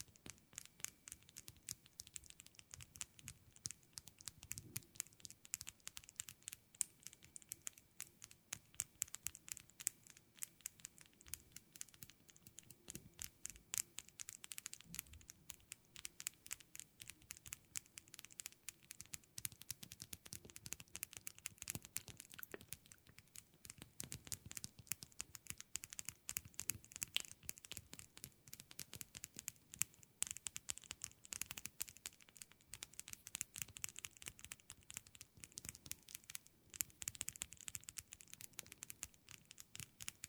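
Fingernails tap rapidly and almost without pause on a hard surface, a dense run of crisp, bright clicks. The pace stays steady for the whole stretch with slight shifts in loudness, and a faint low hum sits underneath in the first half.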